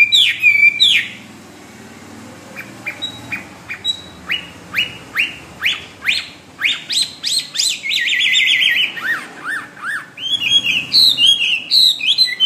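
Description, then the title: Bird song: a loud burst of notes, a short pause, then sharp chirps repeated rapidly and speeding up into a lively warble. "SuaraBurung Kicau"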